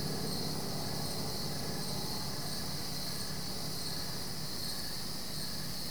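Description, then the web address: Cricket chorus with an even, shrill trill that never pauses and faint regular chirps on top, while a low hum fills the background. Crickets, several, recorded at night at Goldens Bridge, New York State, USA. "BBC Sound Effects Library - (America) Goldens Bridge, NY State - crickets at night"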